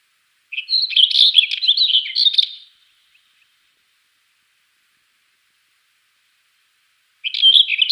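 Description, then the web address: Black wheatear song: a two-second jumbled phrase of scratchy, warbling notes, then quiet for several seconds before the next phrase starts. "Schulze Peter Black Wheatear song"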